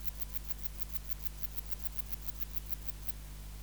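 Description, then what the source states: Bush-cricket song of Platycleis tessellata: very high, brief ticking pulses repeated evenly, then stopping, over a constant low hum. 14 November.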